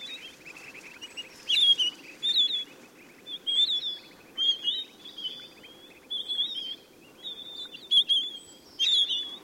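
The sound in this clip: Bird calling: short, high whistled notes with quick squeaky flourishes, repeated roughly once a second over a steady low hum and faint buzzy background.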